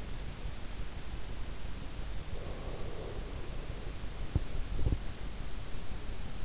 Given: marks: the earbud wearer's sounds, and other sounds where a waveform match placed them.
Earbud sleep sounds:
sounds in sleep by an in-ear microphone; breath
2.03-4.03 s: breath

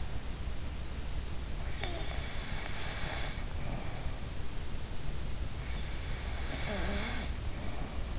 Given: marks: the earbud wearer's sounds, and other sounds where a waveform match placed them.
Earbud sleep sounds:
sounds in sleep by an in-ear microphone; snoring breath
1.78-4.34 s: snoring breath
6.08-8.11 s: snoring breath

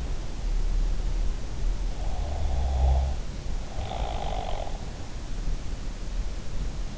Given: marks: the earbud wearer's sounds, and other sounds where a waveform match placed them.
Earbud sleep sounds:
sounds in sleep by an in-ear microphone; snoring breath
2.13-4.73 s: snoring breath

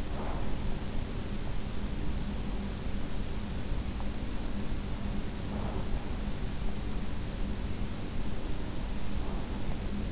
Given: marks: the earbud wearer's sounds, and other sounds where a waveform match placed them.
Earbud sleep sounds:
sounds in sleep by an in-ear microphone; breath
0.00-0.87 s: breath
5.33-6.46 s: breath
8.79-10.11 s: breath

